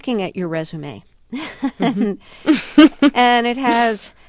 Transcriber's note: soundbite of laughter